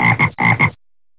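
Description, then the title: Frog croaking: four quick pulsed croaks in two pairs, each rasping and buzzy, then silence. "الضفدع"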